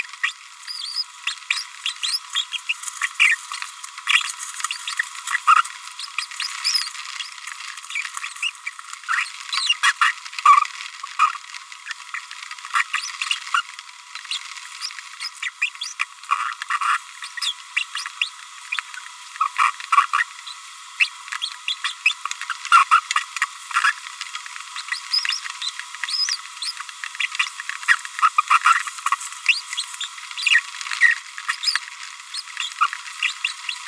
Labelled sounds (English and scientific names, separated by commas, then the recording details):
Green-rumped Parrotlet (Forpus passerinus) babbling
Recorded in a nest box in Venezuela
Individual 18B25A5